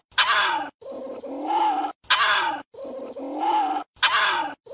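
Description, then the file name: Civet call sequence: a noisy rasping burst, then a wavering moan, repeated about every two seconds. "Tieng Chon Huong keu"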